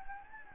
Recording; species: mosquito wingbeat signal from an infrared sensor; Anopheles gambiae